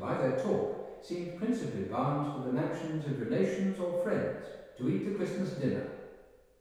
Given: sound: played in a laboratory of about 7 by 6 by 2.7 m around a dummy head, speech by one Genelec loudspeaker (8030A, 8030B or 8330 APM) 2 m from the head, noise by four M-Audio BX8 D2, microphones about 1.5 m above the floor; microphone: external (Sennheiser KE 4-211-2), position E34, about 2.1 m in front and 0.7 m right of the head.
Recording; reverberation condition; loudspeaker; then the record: male speech in English; high; 90 degrees to the right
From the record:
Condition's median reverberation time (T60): about 1300 ms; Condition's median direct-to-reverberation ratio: about -4.0 dB